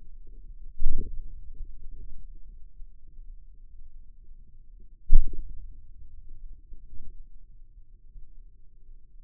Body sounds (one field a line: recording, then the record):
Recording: forearm muscle sounds (acoustic myography)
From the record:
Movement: hand opening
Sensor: system 2, bracelet of six BSWA MPA416 microphones around the upper forearm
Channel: 2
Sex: male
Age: 22 years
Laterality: right